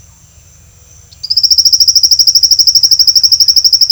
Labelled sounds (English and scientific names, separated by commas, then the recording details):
none
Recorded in secondary vegetation near Puerto Asís, Putumayo, Colombia, on 28 February 2025 at 08:30
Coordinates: 0.498, -76.327
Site G001